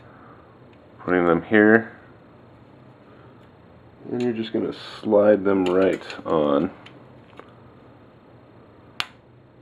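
Small plastic parts are slid by hand onto the frame of a Trex 600N LE RC helicopter, smaller-diameter side facing in, while someone talks. A couple of faint ticks come near 7.3 and 7.4 s, then a sharp, loud snap at 9.0 s as the part seats into place.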